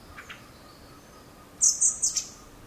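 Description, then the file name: Common blackbird uttering four quick, very high, thin notes in a tight run, preceded by two faint softer chips. "Turdus merula"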